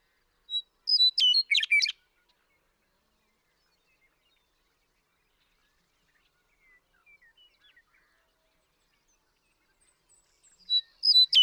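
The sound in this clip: Western meadowlark song: a burst of bubbling, flute-like warbled notes, a long quiet stretch with a few faint notes, then the song begins again.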